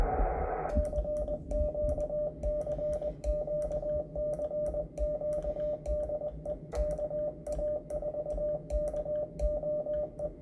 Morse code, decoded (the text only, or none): CQ CQ CQ DE KA4KOE